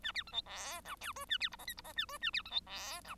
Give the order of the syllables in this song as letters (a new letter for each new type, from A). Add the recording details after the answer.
A B C D E F G H A B I J K I J A H A B C D E F. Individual Bird1